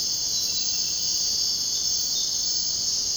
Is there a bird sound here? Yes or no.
no